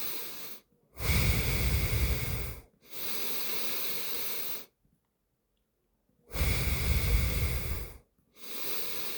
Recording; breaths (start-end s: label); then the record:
nose breathing near a microphone
0.00-0.62 s: inhalation
0.62-2.62 s: exhalation
2.62-4.77 s: inhalation
5.97-8.07 s: exhalation
8.07-9.17 s: inhalation
From the record:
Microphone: phone